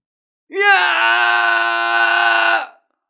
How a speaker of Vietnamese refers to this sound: Vương Thập lại hét lên, đồng thời máu trào ra từ miệng.